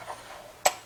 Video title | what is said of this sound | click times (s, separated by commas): How To Use the RIDGID® 141 & 161 Geared Threader | Loosen up your screw and slide it back to it clicks | 0.7 s